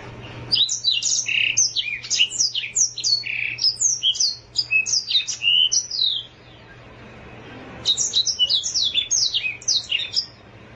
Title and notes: Kicau Kacer. manukmanukan